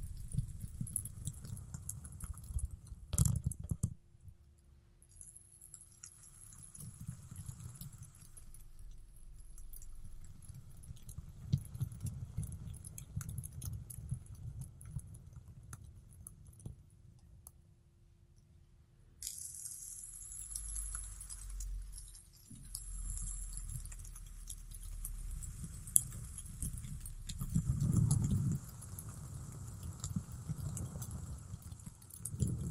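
A fidget spinner whirs with a thin high whine and low rumbling bursts, a sharp tap near four seconds, brighter rattling after nineteen.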